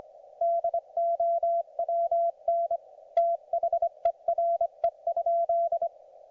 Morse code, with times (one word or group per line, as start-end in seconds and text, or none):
0.4-2.8 DOWN
3.2-5.9 THERE?